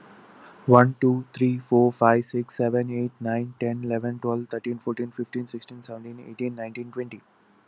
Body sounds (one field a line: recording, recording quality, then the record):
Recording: counting at a fast pace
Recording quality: excellent, no background noise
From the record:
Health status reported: healthy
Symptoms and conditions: none ticked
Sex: male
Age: 28 years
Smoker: not ticked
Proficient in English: yes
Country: India